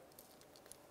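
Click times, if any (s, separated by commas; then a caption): 0.7 s. The plastic electrical connector of the upstream oxygen sensor on a 2011–2018 Volkswagen Jetta is pushed into its mating engine harness connector. Faint small ticks and rustles come before a sharp, bright click at 0.7 s as it latches. The connector is seated and secure.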